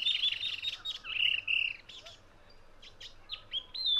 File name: spiny babler omkicau